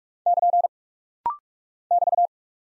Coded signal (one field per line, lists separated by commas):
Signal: Morse code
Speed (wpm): 46 wpm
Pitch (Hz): 700 Hz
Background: none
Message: <KN> <BT>